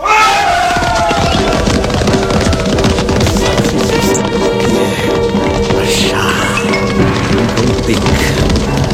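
A massive roar of thousands of voices from a torch-bearing horde rising together in a terrifying battle cry before city walls, loud and sustained throughout, with crashes and booms mixed into the dense clamor.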